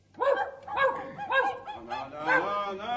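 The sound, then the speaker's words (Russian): Sled dogs bark in a rapid run of about five high, yelping barks with a tonal, honking quality, one after another and slightly overlapping. No one speaks. “Чего встали, собачьи дочки? Довезете косточек дам?”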